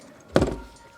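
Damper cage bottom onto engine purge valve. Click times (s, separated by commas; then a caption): 0.4 s. The plastic bottom part of the dashpot (damper cage) for a Mercedes M156 engine is pushed onto the engine's purge valve. A sharp click at 0.4 s is followed by a brief rattle, as it clicks over a lip and locks into place.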